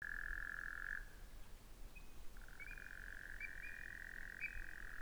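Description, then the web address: Frog trilling in a long, steady buzzing tone that stops after about a second, then resumes and holds to the end, with faint higher chirps above it. Recorded 11 February 2017. "frog rec 20170211"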